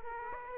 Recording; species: mosquito wingbeat signal from an infrared sensor; Aedes aegypti